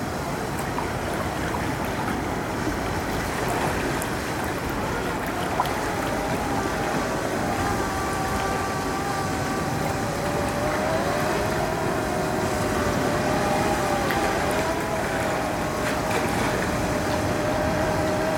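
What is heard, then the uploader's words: At Treyarnon Bay in Cornwall, a dense, steady wash of surf and wind rushes on without a break, heaviest in the low and middle range. Around the middle a thin wavering tone glides and holds faintly above it, with a few small clicks scattered throughout. In August 2021 I was at Treyarnon Bay, Cornwall. Just after 7 a.m. I went down to the beach to record the sea. I was testing out the built-in microphones of my newly acquired Roland R-07.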